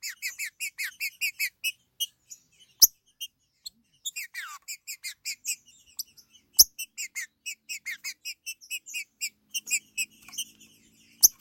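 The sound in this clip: Green-winged saltator song of quick, repeated bright chirps in long runs, broken by a falling whistled slur and a few sharp clicks.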